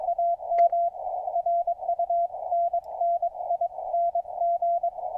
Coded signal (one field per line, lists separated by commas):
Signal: Morse code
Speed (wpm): 22 wpm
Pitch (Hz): 690 Hz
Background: radio noise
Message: AM RUNNING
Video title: Tuned CW Speaker Comparison